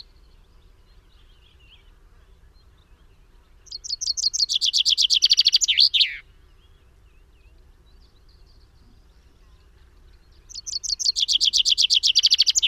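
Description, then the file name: Common chaffinch song: a fast, bright descending trill of repeated notes ending in a flourish, sung twice, the second song cut off at the end, with quiet background. "Fringilla coelebs"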